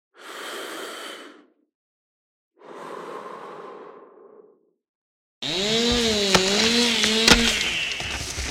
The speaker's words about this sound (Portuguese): Naquele dia, tinha muito barulho, motosserras, caminhões, gente falando alto e, do nada, escuridão.